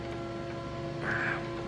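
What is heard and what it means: A drive roll sits on the wire feeder shaft of a MIG welder while its metal retainer is twisted one-handed, with some struggle, to lock it in place. A steady tonal hum runs throughout, and a brief brighter scraping rises from about 1.0 to 1.5 s. Nothing has clicked or locked yet.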